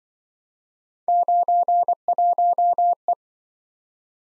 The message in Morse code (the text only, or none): 91E